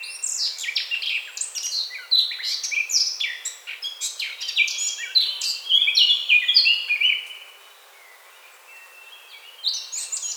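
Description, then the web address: Eurasian blackcap song, a busy scratchy warble with loud clear whistles, then a short quiet stretch and a new phrase at the end. "SETE Sylvia atricapilla"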